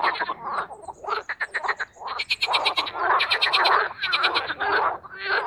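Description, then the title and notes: Marsh frogs in a busy chorus of pulsed, laughing trills and rattles, calls overlapping with brief dips between bursts. Marsh frogs (Pelophylax ridibundus) in a spring mating chorus in an artificial boating pond, Parc Chédeville, Oise, after a cold night. "au Parc Chédeville dans l'Oise. des grenouilles rieuses"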